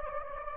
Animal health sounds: mosquito wingbeat signal from an infrared sensor; Anopheles gambiae

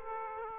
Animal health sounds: mosquito wingbeat signal from an infrared sensor; Aedes aegypti

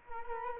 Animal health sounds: mosquito wingbeat signal from an infrared sensor; Culex quinquefasciatus

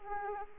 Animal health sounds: mosquito wingbeat signal from an infrared sensor; Anopheles arabiensis

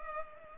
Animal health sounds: mosquito wingbeat signal from an infrared sensor; Culex pipiens

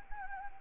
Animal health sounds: mosquito wingbeat signal from an infrared sensor; Anopheles gambiae

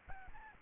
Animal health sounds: mosquito wingbeat signal from an infrared sensor; Aedes albopictus

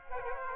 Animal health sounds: mosquito wingbeat signal from an infrared sensor; Aedes aegypti

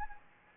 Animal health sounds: mosquito wingbeat signal from an infrared sensor; Anopheles gambiae

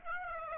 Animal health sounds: mosquito wingbeat signal from an infrared sensor; Aedes aegypti

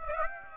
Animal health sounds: mosquito wingbeat signal from an infrared sensor; Aedes aegypti

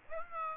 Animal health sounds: mosquito wingbeat signal from an infrared sensor; Aedes aegypti

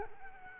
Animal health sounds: mosquito wingbeat signal from an infrared sensor; Culex quinquefasciatus

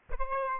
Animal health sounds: mosquito wingbeat signal from an infrared sensor; Aedes albopictus

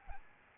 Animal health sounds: mosquito wingbeat signal from an infrared sensor; Aedes albopictus

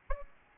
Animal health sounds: mosquito wingbeat signal from an infrared sensor; Aedes albopictus

